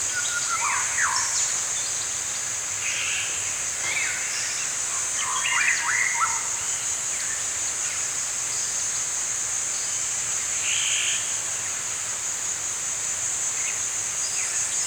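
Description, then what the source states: Birds singing, short chirps and quick clusters of notes, busiest in the first half, over a steady high insect drone that runs throughout. Birds singing in the morning in a forest.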